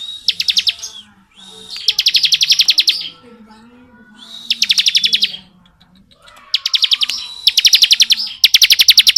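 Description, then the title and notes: Bar-winged prinia repeating rapid rattling trills of buzzy notes, several bursts with short pauses and faint low hums beneath. Bar-winged prinia song in the rapid 'ngebren' style, used as training audio for oriental magpie-robins. "Ciblek Ngebren Untuk Masteran Murai Batu. Suara burung ciblek - Suara Nada"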